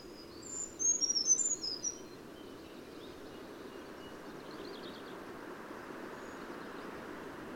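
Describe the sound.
Bird song: a brief burst of high, thin twittering chirps lasting under two seconds, then mostly steady background noise for the rest.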